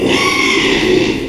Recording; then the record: squeal of a Yucatan mini pig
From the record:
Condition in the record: after surgery on the right vocal fold (resection and tissue-engineered implant); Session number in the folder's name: 1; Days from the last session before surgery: 6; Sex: male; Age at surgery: 12 weeks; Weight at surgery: 13 kg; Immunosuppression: cyclosporine, prednisolone